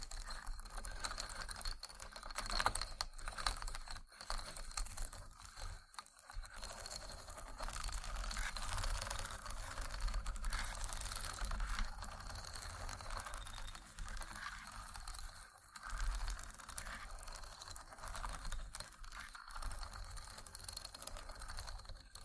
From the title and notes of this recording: ASMR Wooden Triggers 1hour（No Talking）.